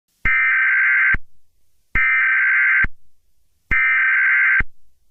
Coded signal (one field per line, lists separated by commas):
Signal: Emergency Alert System (SAME) tones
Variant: header bursts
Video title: EAS Scenario - YOUR INFERNAL DOOM